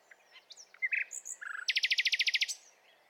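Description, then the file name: Common nightingale opening with soft notes and chirps, then a loud, rapid rattle of about a dozen identical notes, ending in an upward whistle. "Luscinia megarhynchos"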